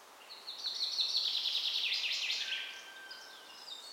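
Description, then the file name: Common chaffinch song: a rapid series of repeated notes descending through the phrase and closing with an emphatic flourish, then faint high chirps. "Fringilla coelebs"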